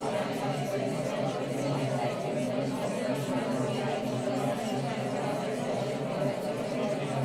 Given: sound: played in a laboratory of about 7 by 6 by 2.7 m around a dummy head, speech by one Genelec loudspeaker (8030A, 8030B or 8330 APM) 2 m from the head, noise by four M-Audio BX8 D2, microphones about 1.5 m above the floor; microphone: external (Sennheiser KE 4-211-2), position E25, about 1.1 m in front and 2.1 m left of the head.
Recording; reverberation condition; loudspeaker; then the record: babble noise; low; four, about 170 cm from the corners of the room and facing them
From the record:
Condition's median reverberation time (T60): about 310 ms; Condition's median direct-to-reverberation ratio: about 3.5 dB